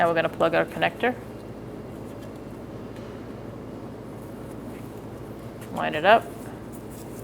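Someone talks while the rear ABS wheel speed sensor's electrical connector on a 2012–2018 Ford Focus is handled and lined up with the vehicle wiring harness plug before being pushed on. Between the speech there is only a steady low background hum. The connector has not seated or clicked yet.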